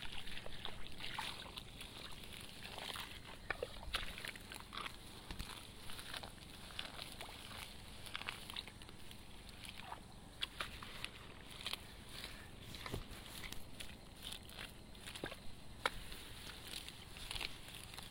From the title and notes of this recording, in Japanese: 環境音 田んぼ除草 手で仕上げwith作業参加の学生さん。今日はさらに残った大きい草を手で抜き、土へ埋める作業です。